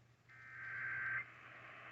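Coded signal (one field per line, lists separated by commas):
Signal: Emergency Alert System (SAME) tones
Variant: header bursts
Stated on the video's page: Real severe weather alerts; valid EAS tones capable of activating real EAS equipment.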